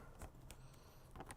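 A left cheek pad with plastic snap clips is handled and pressed toward a helmet shell, with the chin strap fed through the pad, as the first of three clips is lined up while installing a Sena 60S. Soft rustling and light plastic taps are heard, the sharpest near 0.5 s and 1.3 s. Nothing has seated or clicked yet.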